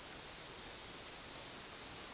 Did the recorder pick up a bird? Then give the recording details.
no. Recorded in dense forest near Puerto Asís, Putumayo, Colombia, on 20 February 2024 at 15:30. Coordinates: 0.466, -76.327. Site G6413